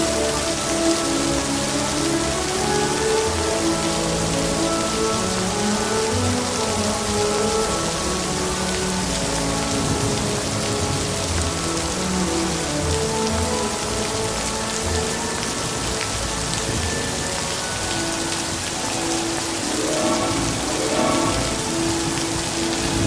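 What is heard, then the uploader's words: Steady, dense rain hiss fills the whole clip, with gentle music playing underneath: sustained low and mid notes shifting slowly from chord to chord. The loudness stays even throughout, and a few gliding tones appear near the end. Music, rain, thunder.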